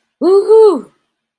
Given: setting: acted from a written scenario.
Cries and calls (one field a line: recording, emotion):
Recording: vocal sound without words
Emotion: triumph